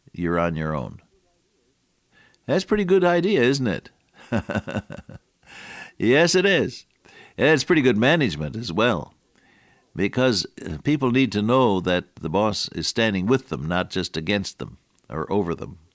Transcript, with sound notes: you’re on your own.” That’s a pretty good idea, isn’t it? [chuckle] Yes, it is, and it’s pretty good management as well. Because people need to know that the boss is standing with them, not just against them, or over them.